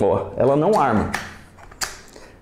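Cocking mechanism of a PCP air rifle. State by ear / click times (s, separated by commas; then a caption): not seated / none. With the safety engaged, someone forces the cocking mechanism of a PCP air carbine while someone talks, and only short straining mechanical noises are heard. The rifle does not latch or cock; nothing has seated or clicked yet, and it will not arm however hard it is pushed.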